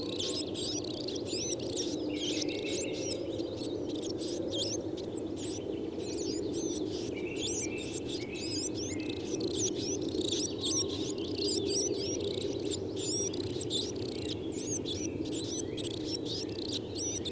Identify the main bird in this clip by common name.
Coal Tit